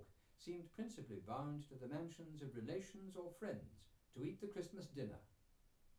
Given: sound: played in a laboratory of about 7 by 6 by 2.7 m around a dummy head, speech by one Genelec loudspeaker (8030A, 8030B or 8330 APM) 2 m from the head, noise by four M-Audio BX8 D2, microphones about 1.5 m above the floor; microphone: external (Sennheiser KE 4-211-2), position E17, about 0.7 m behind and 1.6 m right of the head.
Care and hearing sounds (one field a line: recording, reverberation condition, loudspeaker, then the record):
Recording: male speech in English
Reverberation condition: low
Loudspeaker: 30 degrees to the right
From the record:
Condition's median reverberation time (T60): about 310 ms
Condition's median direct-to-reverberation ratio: about 3.5 dB